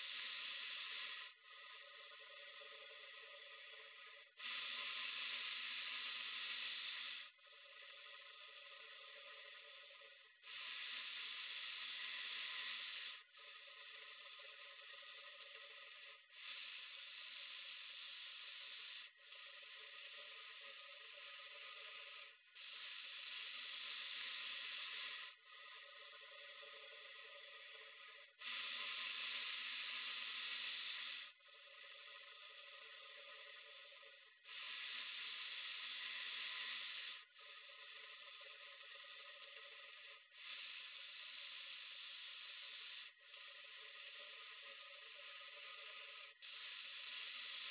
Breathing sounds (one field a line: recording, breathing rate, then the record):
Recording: paced breathing near a phone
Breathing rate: 10 breaths a minute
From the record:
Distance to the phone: 40 cm